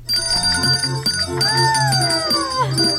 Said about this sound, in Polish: Rozumiem, te dzwoneczki zwiastują święta, po prostu.